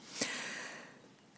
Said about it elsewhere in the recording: My little kitty sneezed. He's looking up at me right now, sitting in my lap.